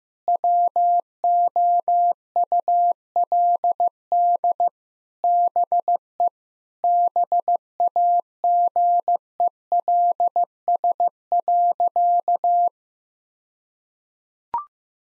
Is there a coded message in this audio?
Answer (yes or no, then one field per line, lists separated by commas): yes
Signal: Morse code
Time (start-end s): 0.3-12.7 s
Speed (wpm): 16 wpm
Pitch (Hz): 700 Hz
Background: none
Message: WOULD BE BAGELS.